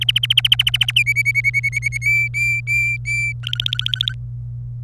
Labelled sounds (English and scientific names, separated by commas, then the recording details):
Domestic Canary (Serinus canaria) song
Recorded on 27 April 2018 at 14:41
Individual llb3